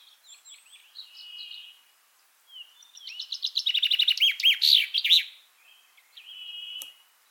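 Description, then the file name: Common chaffinch song: soft twittering notes, then a loud series of descending chirps ending in a brief flourish, followed by quieter twitters and a thin whistle. "Fringilla coelebs"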